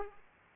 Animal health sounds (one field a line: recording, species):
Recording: mosquito wingbeat signal from an infrared sensor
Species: Aedes aegypti